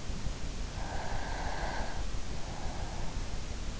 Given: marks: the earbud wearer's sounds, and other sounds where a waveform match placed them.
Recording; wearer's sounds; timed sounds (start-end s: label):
sounds in sleep by an in-ear microphone; breath
1.08-3.31 s: breath